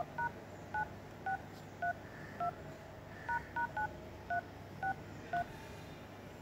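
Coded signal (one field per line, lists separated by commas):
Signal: DTMF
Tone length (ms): 110 ms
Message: #9632##9363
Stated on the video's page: DTMF tones from a mobile phone keypad dialer, played to form the Happy Birthday melody.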